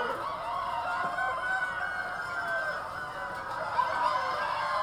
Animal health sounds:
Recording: poultry house recording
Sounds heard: healthy chickens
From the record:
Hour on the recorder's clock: 3

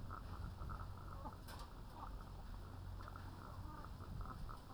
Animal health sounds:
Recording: poultry house recording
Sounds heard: sick chickens (respiratory disease)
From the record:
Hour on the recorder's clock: 21

